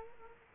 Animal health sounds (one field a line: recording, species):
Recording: mosquito wingbeat signal from an infrared sensor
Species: Culex quinquefasciatus